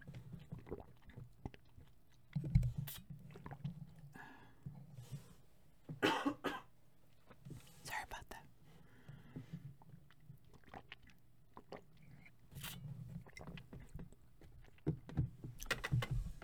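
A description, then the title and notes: Handling sounds: lids, glass, tapping and hands rubbing over a low, steady hum. Sharp clicks and taps land irregularly, loudest near 2.5, 6, 8 and 12.5 seconds, between stretches of soft crinkly rubbing. A cluster of quick taps closes the clip. Lid sounds. Glass sounds.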